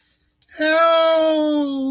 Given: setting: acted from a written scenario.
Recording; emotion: vocal sound without words; distress